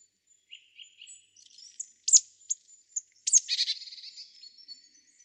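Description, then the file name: Marsh Tit calls: soft high notes, then sharp downslurred whistles, ending in a buzzy, rattling burst of repeated notes. "Poecile palustris"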